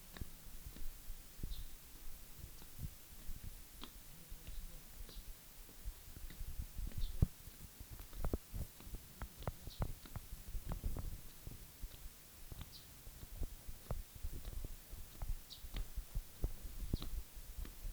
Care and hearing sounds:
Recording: daily activity, guitar pickup as the sensor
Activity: walk

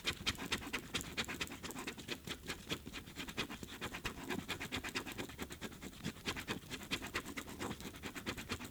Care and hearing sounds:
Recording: daily activity, guitar pickup as the sensor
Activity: write

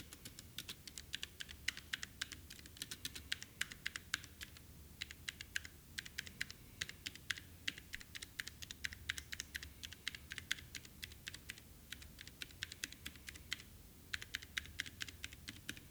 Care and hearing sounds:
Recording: daily activity, guitar pickup as the sensor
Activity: type

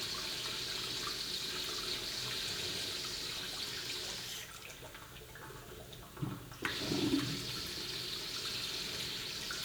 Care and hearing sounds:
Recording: daily activity, guitar pickup as the sensor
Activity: flush

